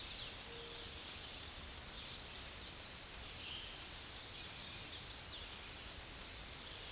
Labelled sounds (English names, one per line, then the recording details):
Chestnut-sided Warbler song
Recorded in a Pennsylvania forest on 16 May 2024 at 06:06
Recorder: AudioMoth, point MSD-0827
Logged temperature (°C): 12.1 °C
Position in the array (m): 125 m, 139 m